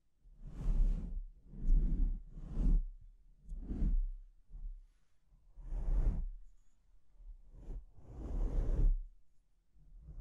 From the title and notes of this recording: ASMR Brain Melting Mic Scratching (No Talking).